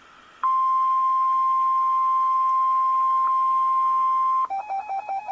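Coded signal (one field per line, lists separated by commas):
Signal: Emergency Alert System (SAME) tones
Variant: 1050 Hz attention tone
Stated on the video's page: Special Marine Warning issued by the Honolulu forecast office.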